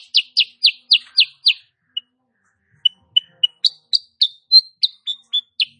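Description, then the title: Sooty-headed bulbul rapid song: a fast run of sharp, bright chip notes, then a brief pause and a series of higher clipped notes. Female; recording used as master song for training cage birds; described as gacor (singing persistently) and nembak rapat (rapid, closely packed notes). "Masteran Kutilang Sutra. Kutilang SUTRA BETINA GACOR nembak RAPAT"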